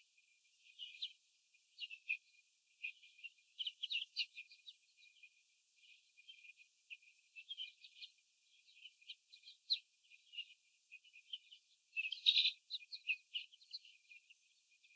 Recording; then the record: young laying hens in a cage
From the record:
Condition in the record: after the stressor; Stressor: sudden umbrella opening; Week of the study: 3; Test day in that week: 2